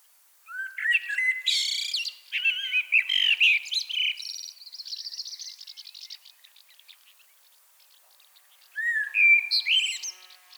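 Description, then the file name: Common blackbird singing a fluty warble that breaks into high, scratchy twitters and a buzzy trill, a quiet gap, then a fresh rising phrase. "Turdus merula"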